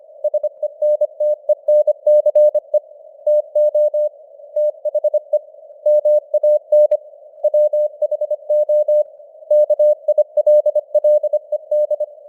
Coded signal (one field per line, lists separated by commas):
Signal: Morse code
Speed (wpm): 25 wpm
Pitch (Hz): 600 Hz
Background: none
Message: SENTENCE TO THE MAN WHO KILLED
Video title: Morse Code News | 2026-01-21 | 25wpm